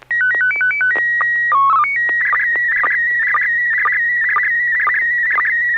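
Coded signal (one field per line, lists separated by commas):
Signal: SSTV (slow-scan television)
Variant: PD 120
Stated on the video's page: SSTV net on an FM repeater at 441.300 MHz, sent with MMSSTV software.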